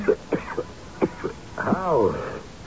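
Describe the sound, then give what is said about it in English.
A run of five short, harsh coughing bursts in an uneven rhythm, followed by a strained, wavering voiced sound and one more abrupt burst at the end. “How long have you had that cough?”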